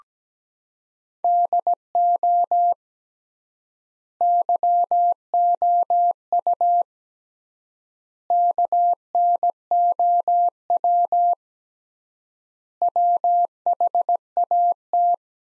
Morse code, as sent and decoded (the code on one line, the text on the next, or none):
-.. --- / -.-- --- ..- / -.- -. --- .-- / .-- .... .- -
DO YOU KNOW WHAT